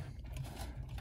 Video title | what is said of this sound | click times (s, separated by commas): Replacing the graphics card on your system | then just push it on both sides until it snaps in place. | 0.4 s